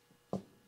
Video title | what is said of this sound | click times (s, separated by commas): Borka BTD Instructions | once it touches I just give it a quarter turn and that's locked into place | 0.3 s